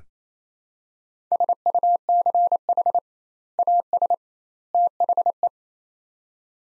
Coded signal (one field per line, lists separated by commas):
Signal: Morse code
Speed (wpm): 28 wpm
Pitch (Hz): 700 Hz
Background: none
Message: SUCH AS THE